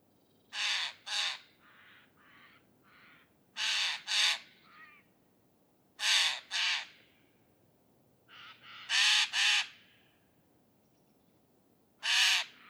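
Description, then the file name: Eurasian jay giving harsh, rasping screeches, mostly in doubled pairs every few seconds, with softer, shorter rasping notes in between. "Garrulus glandarius"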